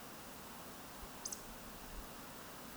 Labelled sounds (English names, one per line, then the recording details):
Eurasian Woodcock whistle
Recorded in Baden-Württemberg, Germany, on 16 May 2020 at 02:35 UTC
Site 46190, 1214 m above sea level